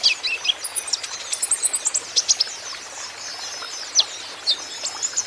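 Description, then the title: Van Hasselt's sunbird singing: quick, high, needle-thin twittering notes in busy bursts. Young green-plumaged (konin ijoan) bird singing constantly (gacor), used as a lure and therapy for untrained young birds so they answer. "KOLIBRI NINJA KONIN IJOAN GACOR COCOK UNTUK PANCINGAN TERAPI KONIN BAHAN PASTI NYAUT"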